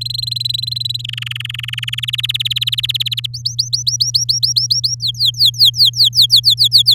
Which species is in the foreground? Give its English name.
Domestic Canary